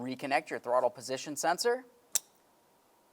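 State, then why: Seated. Someone talks, then a plastic electrical connector is pushed onto the throttle position sensor on the throttle body of a 2003–2011 Mercury Grand Marquis and gives one sharp click at 2.2 s. The connector is seated and then locked with its red locking tab.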